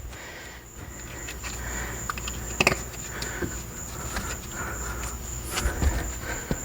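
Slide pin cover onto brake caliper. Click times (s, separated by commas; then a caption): 2.6 s, 2.7 s. Rubber or plastic slide pin covers are pressed by hand onto the front brake caliper of a C7 3.0T during a rotor and pad replacement. Faint ticks at 2.1 and 2.2 seconds are followed by two sharp pops at 2.6 and 2.7 seconds, over a steady low hiss. The covers pop into place and are seated.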